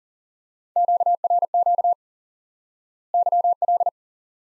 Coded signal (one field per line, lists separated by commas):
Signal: Morse code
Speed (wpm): 40 wpm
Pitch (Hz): 700 Hz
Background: none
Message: QRQ YL